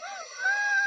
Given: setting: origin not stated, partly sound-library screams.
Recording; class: one-second piece from a danger detection set; woman in danger